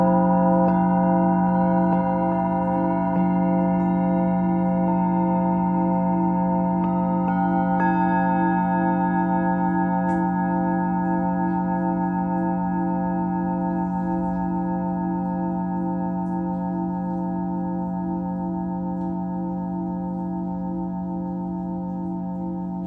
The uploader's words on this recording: Tibetan Singiing Bowl のサウンドヒーリングチャンネル.